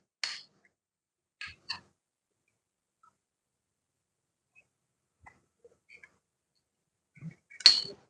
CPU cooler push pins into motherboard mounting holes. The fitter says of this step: lock ചെയ്തു കഴിഞ്ഞാൽ മദർബോർഡിന്റെ പ്രോഗ് വച്ചിട്ട് ഇതുവരെ ലോക്ക് ആയി കാണാൻ പറ്റും